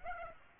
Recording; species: mosquito wingbeat signal from an infrared sensor; Aedes aegypti